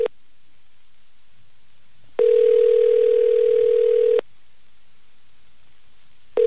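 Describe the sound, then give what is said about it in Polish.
A telephone ringback tone goes unanswered as a Polish Radio Trójka morning show calls a listener: a steady, mid-pitched electronic tone sounds in a two-second burst, falls silent for about two seconds, then starts again. No one speaks. “Słucha, nie może odebrać telefonu.”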